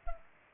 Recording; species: mosquito wingbeat signal from an infrared sensor; Culex pipiens